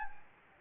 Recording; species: mosquito wingbeat signal from an infrared sensor; Anopheles gambiae